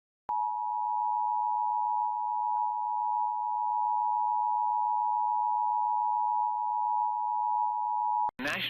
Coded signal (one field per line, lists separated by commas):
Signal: Emergency Alert System (SAME) tones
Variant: 853 and 960 Hz attention tone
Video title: Tornado Warning EAS on WOLO-TV (6/9/2025)